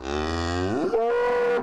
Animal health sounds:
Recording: contact call of a hoofed animal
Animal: cattle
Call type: low-frequency (closed-mouth) or high-frequency (open-mouth) call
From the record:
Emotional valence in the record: negative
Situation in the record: full separation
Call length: 1.63 s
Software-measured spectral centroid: 1610 Hz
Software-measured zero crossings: 1260 a second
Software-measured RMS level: -24 dBFS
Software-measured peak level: -14 dBFS

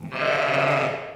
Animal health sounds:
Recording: contact call of a hoofed animal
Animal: sheep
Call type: low-frequency (closed-mouth) or high-frequency (open-mouth) call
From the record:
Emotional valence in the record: negative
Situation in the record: short social isolation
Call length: 1.15 s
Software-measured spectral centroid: 1870 Hz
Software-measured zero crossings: 2210 a second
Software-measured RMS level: -23 dBFS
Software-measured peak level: -9 dBFS

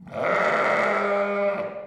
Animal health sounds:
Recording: contact call of a hoofed animal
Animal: sheep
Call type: low-frequency (closed-mouth) or high-frequency (open-mouth) call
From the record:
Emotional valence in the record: negative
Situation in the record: short social isolation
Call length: 1.86 s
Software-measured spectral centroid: 1590 Hz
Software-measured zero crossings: 1790 a second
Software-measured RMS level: -24 dBFS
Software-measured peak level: -10 dBFS

